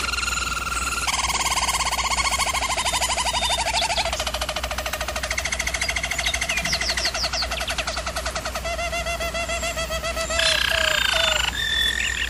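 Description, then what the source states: German Roller canary song: continuous rolling trills and tours shifting pitch every few seconds, with a steady low hum beneath. German Roller canary singing, used for canary training.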